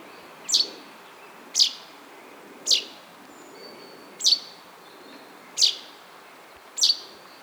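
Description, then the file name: Common chaffinch giving short, sharp, high call notes, six in all, with a faint thin whistle in the background. "Fringilla coelebs"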